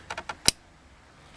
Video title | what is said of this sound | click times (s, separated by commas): BMW Blower Motor How to Replace | you see when you go up to here you'll hear it click | 0.5 s